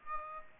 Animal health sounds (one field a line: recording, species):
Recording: mosquito wingbeat signal from an infrared sensor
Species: Aedes aegypti